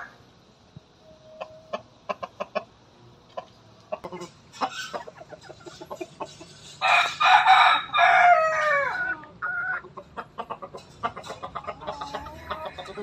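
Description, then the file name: Rooster crow amid clucking: irregular soft clucks throughout, with one loud, rasping crow lasting about a second and a half near the middle, ending in a falling tail. Bangkok breed rooster, crowing. "suara ayam bangkok berkokok"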